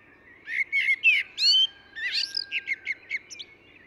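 Eurasian blackbird song: a run of warbled, fluty phrases near mid pitch, then a string of short, higher twittering notes, over a faint low background hum.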